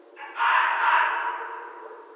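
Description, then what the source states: Red fox gives a long, hoarse scream, rising abruptly to full strength and holding before a slow fade. Recorded 14 January 2012.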